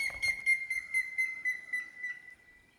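Grey-headed woodpecker call: a run of clear whistled notes on one pitch, sliding slightly lower and fading in loudness over about two and a half seconds.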